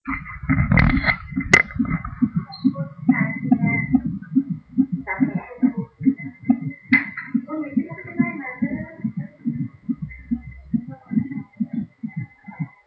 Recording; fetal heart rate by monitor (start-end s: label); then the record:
fetal heart sounds by stethoscope on the mother's abdomen
0.00-10.00 s: 144 bpm
From the record:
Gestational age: 35 weeks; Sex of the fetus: boy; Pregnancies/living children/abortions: 2/1/0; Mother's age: 30 years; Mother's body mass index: 27.7